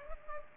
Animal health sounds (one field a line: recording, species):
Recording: mosquito wingbeat signal from an infrared sensor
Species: Culex pipiens